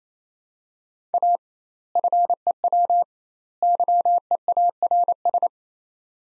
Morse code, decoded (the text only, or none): A FEW YEARS